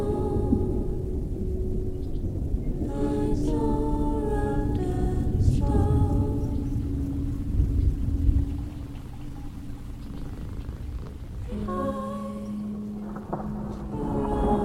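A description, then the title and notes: Thunder rolls in a deep, continuous rumble that stays heavy for the first eight seconds, then eases somewhat before building again near the end. Steady humming tones sit over it, shifting pitch around 3, 5, and 12 seconds, with a faint hiss underneath. The source recording is the thunderstorm - outside, nearly unchanged by me.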